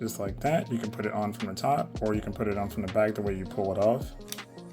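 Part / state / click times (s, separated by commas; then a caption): action figure head onto neck peg of the body / not seated / none. Someone talks over background music while handling the plastic head of a Hasbro Transformers The Movie Studio Series 86 Megatron action figure, getting ready to push it onto the figure's neck peg. The head has not yet snapped or seated onto the neck joint by the end of the clip.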